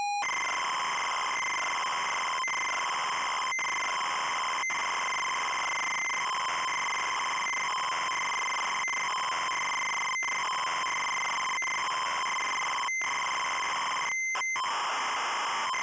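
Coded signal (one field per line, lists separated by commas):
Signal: ZX Spectrum tape loading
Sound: continuous harsh buzzing tone around 1 kHz with occasional short clicks and gaps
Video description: -Full tape loading sequence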